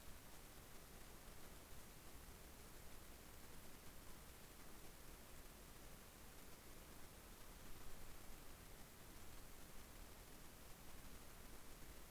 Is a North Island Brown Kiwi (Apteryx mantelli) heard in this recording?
no